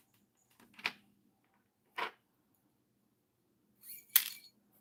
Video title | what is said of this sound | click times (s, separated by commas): Artist Lydia @OrganicSilverMoonDesignsLLG wire wrapping Gemstones,Copper braided bracelet | That's what I said it if it didn't lock in place and that's exactly what it didn't do. It did not lock in place. | none